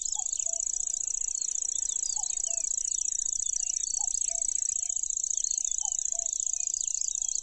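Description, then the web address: Lanceolated warbler delivering a steady high mechanical reel, accompanied by chattering of other birds and a low two-part call repeating every couple of seconds. "makinosennyu"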